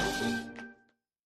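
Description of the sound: He gets sneezed on his face by the speaker, who says, etchi, or achoo. This week's expression is echi, which is the sound of sneezing.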